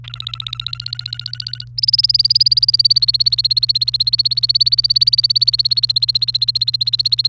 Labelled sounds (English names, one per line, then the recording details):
Domestic Canary song
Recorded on 28 April 2018 at 06:31
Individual llb3